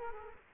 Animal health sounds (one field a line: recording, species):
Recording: mosquito wingbeat signal from an infrared sensor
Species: Culex quinquefasciatus